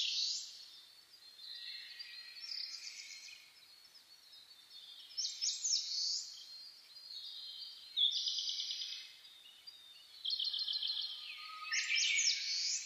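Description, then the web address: Bird: dawn chorus with repeated bursts of trilled bird song every couple of seconds, high thin notes and a faint low whistle over soft hiss. Dawn chorus recorded 10 May 2010. "reimei -saezuri-20100510-0401"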